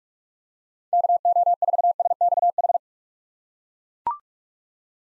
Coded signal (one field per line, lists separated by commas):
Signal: Morse code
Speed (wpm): 41 wpm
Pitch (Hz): 700 Hz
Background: none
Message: KO4SXH